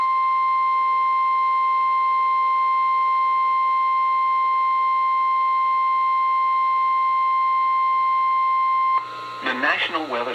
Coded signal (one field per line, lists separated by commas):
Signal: Emergency Alert System (SAME) tones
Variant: 1050 Hz attention tone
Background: speech